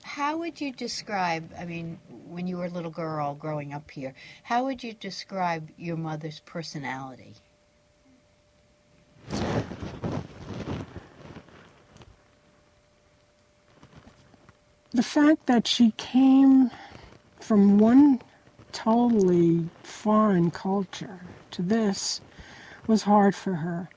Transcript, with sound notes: How would you describe—I mean, when you were a little girl growing up here—how would you describe your mother's personality?
[long pause] The fact that she came from one totally foreign culture to this, was hard for her.